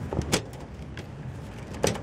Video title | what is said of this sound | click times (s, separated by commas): Phanteks Enthoo Primo Full Tower PC Case Review, $249.99 | it snaps right in | 1.9 s